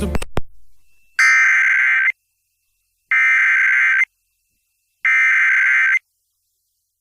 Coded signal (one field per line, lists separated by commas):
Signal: Emergency Alert System (SAME) tones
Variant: header bursts